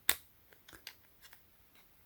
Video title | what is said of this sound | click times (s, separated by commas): Poetic vs Armadillo Tek Note 10 10+ 5G Rugged Case with Kickstand! | Until you hear click. | 0.1 s